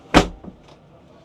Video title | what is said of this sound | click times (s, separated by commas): MOBILIZE DUO 80 EVO - EICMA 2024 | Now it latched. And it turned on. | 0.4 s